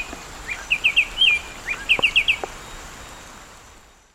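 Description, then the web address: Black-striped sparrow song: two quick bursts of a few looping whistled notes, sweet and evenly spaced, over a constant high insect hum, the sound fading out at the end. Recorded in the eastern lowlands of South America. "Natures Songs S America Eastern Lowlands. Black-striped Sparrow"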